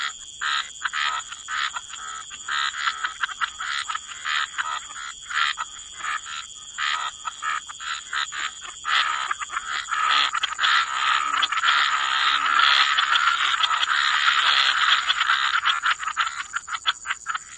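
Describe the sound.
Frogs croaking in a busy chorus, short repeated rattling calls building into a dense, continuous trilling mass, with a faint constant high tone.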